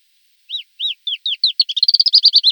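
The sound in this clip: Thekla's lark song: a few slow, downslurred whistled notes that speed into a rapid run of higher, trilling chirps, clean with no background.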